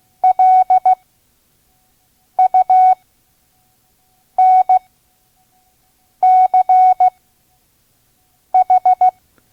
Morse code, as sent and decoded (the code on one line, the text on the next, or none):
.-.. ..- -. -.-. ....
LUNCH